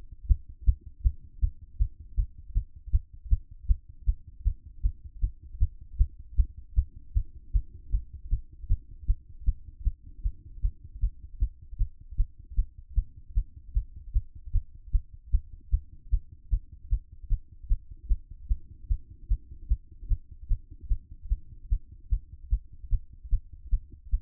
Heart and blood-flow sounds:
heart sounds by stethoscope; 152 bpm
0.28 s: heartbeat
0.65 s: heartbeat
1.03 s: heartbeat
1.40 s: heartbeat
1.78 s: heartbeat
2.16 s: heartbeat
2.54 s: heartbeat
2.91 s: heartbeat
3.29 s: heartbeat
3.67 s: heartbeat
4.05 s: heartbeat
4.44 s: heartbeat
4.82 s: heartbeat
5.21 s: heartbeat
5.59 s: heartbeat
5.98 s: heartbeat
6.36 s: heartbeat
6.75 s: heartbeat
7.13 s: heartbeat
7.52 s: heartbeat
7.91 s: heartbeat
8.30 s: heartbeat
8.68 s: heartbeat
9.07 s: heartbeat
9.45 s: heartbeat
9.84 s: heartbeat
10.22 s: heartbeat
10.61 s: heartbeat
11.00 s: heartbeat
11.39 s: heartbeat
11.78 s: heartbeat
12.17 s: heartbeat
12.56 s: heartbeat
12.95 s: heartbeat
13.34 s: heartbeat
13.73 s: heartbeat
14.13 s: heartbeat
14.52 s: heartbeat
14.92 s: heartbeat
15.31 s: heartbeat
15.71 s: heartbeat
16.10 s: heartbeat
16.50 s: heartbeat
16.89 s: heartbeat
17.29 s: heartbeat
17.68 s: heartbeat
18.08 s: heartbeat
18.48 s: heartbeat
18.88 s: heartbeat
19.28 s: heartbeat
19.68 s: heartbeat
20.08 s: heartbeat
20.48 s: heartbeat
20.88 s: heartbeat
21.29 s: heartbeat
21.69 s: heartbeat
22.09 s: heartbeat
22.50 s: heartbeat
22.90 s: heartbeat
23.30 s: heartbeat
23.70 s: heartbeat
24.10 s: heartbeat
From the record:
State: after exercise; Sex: female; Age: 50 years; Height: 170 cm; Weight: 70 kg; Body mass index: 24.22

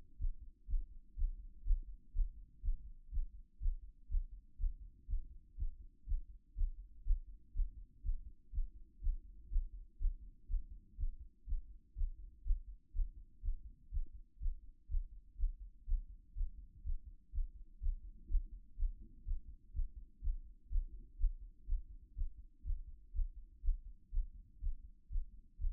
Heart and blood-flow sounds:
heart sounds by stethoscope; 123 bpm
0.18 s: heartbeat
0.67 s: heartbeat
1.16 s: heartbeat
1.64 s: heartbeat
2.13 s: heartbeat
2.62 s: heartbeat
3.11 s: heartbeat
3.60 s: heartbeat
4.09 s: heartbeat
4.58 s: heartbeat
5.07 s: heartbeat
5.57 s: heartbeat
6.06 s: heartbeat
6.55 s: heartbeat
7.04 s: heartbeat
7.53 s: heartbeat
8.03 s: heartbeat
8.52 s: heartbeat
9.01 s: heartbeat
9.50 s: heartbeat
9.98 s: heartbeat
10.48 s: heartbeat
10.97 s: heartbeat
11.46 s: heartbeat
11.95 s: heartbeat
12.44 s: heartbeat
12.93 s: heartbeat
13.42 s: heartbeat
13.91 s: heartbeat
14.39 s: heartbeat
14.88 s: heartbeat
15.37 s: heartbeat
15.86 s: heartbeat
16.35 s: heartbeat
16.83 s: heartbeat
17.32 s: heartbeat
17.80 s: heartbeat
18.28 s: heartbeat
18.76 s: heartbeat
19.25 s: heartbeat
19.73 s: heartbeat
20.21 s: heartbeat
20.69 s: heartbeat
21.17 s: heartbeat
21.66 s: heartbeat
22.15 s: heartbeat
22.64 s: heartbeat
23.13 s: heartbeat
23.62 s: heartbeat
24.11 s: heartbeat
24.60 s: heartbeat
25.09 s: heartbeat
25.58 s: heartbeat
From the record:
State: after exercise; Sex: female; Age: 26 years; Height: 180 cm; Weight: 85 kg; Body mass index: 26.23

